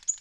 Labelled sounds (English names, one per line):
Black-throated Green Warbler flight call